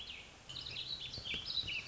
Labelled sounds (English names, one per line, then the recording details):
Warbling Vireo
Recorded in Sonoma County, California